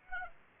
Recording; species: mosquito wingbeat signal from an infrared sensor; Aedes aegypti